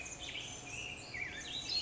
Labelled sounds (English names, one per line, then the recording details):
Black-headed Grosbeak
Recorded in Sonoma County, California